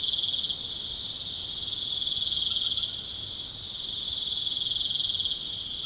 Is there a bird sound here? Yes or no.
no